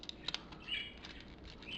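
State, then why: Not seated. The chest panel of a transforming robot action figure is folded over onto the figure's plastic torso during transformation, ready to lock into place. A few short, light plastic ticks at about 0.1, 0.3 and 0.35 s sit over quiet handling noise. The panel has not seated or clicked home yet.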